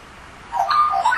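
Australian magpie making a brief burst of fluty, warbled notes that begins after half a second of quiet and ends at a level whistle.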